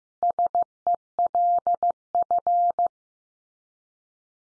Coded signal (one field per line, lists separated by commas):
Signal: Morse code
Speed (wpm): 15 wpm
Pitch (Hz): 700 Hz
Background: none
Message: SELF